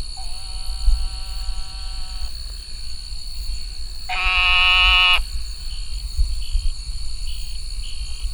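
Sheep frog bleat: a single harsh, buzzy, sheep-like note lasting about a second, with quieter drawn-out tones before it and a constant high-pitched whine behind.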